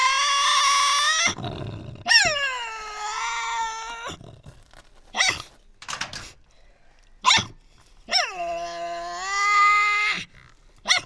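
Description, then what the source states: Tasmanian devils screeching in loud harmonic wails of one to two seconds, interspersed with sharp huffs and rasps. Resident devils in an enclosure at the Devils@Cradle conservation facility, Cradle Mountain, Tasmania, on October 24, 2007, discussing who has priority.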